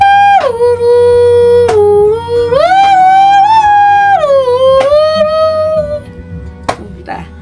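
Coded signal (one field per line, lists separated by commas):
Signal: whistled language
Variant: Kongthong jingrwai iawbei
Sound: a woman's sustained, hummed-sung melodic tune with slow gliding pitch changes and brief breaks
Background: low background hum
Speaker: इनका जो लड़का है फीडिंग स्टार, उसका नाम अभी सिंगिंग में बताएंगी।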